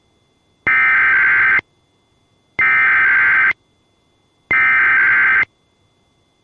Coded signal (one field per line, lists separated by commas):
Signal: Emergency Alert System (SAME) tones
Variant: header bursts